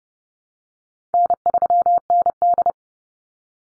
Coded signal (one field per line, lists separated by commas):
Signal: Morse code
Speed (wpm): 30 wpm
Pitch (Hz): 700 Hz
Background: none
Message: N3ND